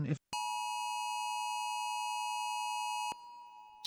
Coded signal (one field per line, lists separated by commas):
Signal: Emergency Alert System (SAME) tones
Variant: 853 and 960 Hz attention tone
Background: speech